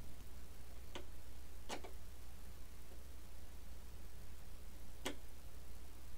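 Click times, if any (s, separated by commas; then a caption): none. A wood screw on the back panel of a Korg CX-3 Gen 2 keyboard's wooden case is set into its existing hole, backed off to find the thread, then driven in. Sharp ticks sound at about 1.0, 1.7 and 5.1 s over a steady low hum. It fails to catch its existing thread, so nothing has seated or clicked yet.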